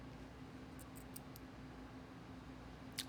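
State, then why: Stripped. A screwdriver turns a small screw in a winch robot assembly, and the bit keeps slipping in the screw head over a steady low hum, with faint scratchy ticks around 0.8–1.4 s, a sharp tick at 1.2 s and a brighter scrape near 3.0 s. The screw head is stripped and will need replacing once it is out; nothing has seated or clicked yet.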